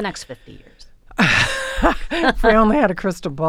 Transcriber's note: laughter